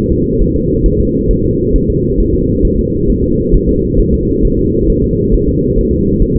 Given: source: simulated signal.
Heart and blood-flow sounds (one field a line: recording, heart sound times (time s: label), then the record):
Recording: fetal heart sounds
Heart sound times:
0.12 s: S2
0.41 s: S1
0.56 s: S2
0.86 s: S1
1.00 s: S2
1.31 s: S1
1.45 s: S2
1.76 s: S1
1.90 s: S2
2.20 s: S1
2.35 s: S2
2.65 s: S1
2.79 s: S2
3.10 s: S1
3.24 s: S2
3.54 s: S1
3.69 s: S2
3.99 s: S1
4.14 s: S2
4.45 s: S1
4.59 s: S2
4.90 s: S1
5.04 s: S2
5.34 s: S1
5.48 s: S2
5.78 s: S1
5.93 s: S2
6.22 s: S1
6.36 s: S2
From the record:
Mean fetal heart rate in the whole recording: 135 bpm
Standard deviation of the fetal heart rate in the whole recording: 3 bpm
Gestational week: 36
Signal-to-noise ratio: -14.7 dB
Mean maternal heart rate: 72 bpm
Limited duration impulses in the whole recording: present